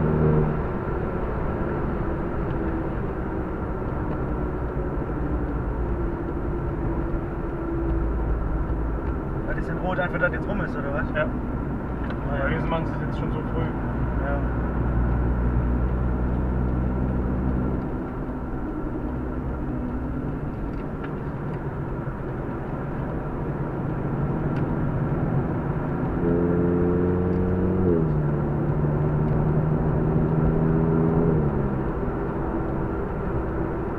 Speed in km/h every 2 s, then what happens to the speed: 111, 98, 87, 86, 80, 73, 66, 72, 78, 78, 68, 58, 64, 86, 93, 99, 100.
0-10 brakes to 73. 10-19 steady at about 73. 19-22 brakes to 58. 22-34 speeds up to 100.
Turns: 10-15, 20-26.